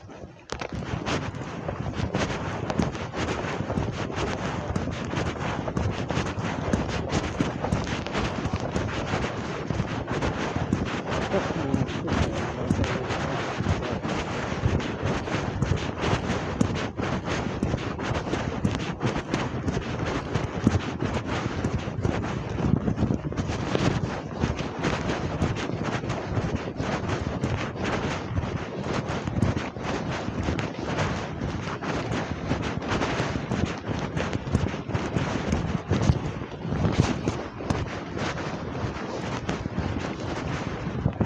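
A walk outdoors on a grey, wet morning, with wind buffeting the microphone throughout. A dense, steady rush with a heavy low rumble fills all forty seconds, broken by frequent short gusts and thumps that never let up or fade.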